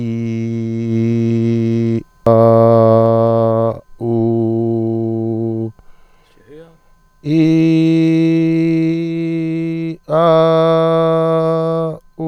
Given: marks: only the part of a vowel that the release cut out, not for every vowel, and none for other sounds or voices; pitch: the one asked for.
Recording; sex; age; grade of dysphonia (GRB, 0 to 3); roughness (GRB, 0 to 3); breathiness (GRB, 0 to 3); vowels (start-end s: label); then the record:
sustained vowels; male; 40 to 49 years; 0; 0; 0
0.00-1.87 s: vowel /i/, normal pitch
2.33-3.63 s: vowel /a/, normal pitch
4.13-5.55 s: vowel /u/, normal pitch
7.44-9.77 s: vowel /i/, high pitch
10.21-11.80 s: vowel /a/, high pitch
From the record:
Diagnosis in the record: healthy voice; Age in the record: 45 years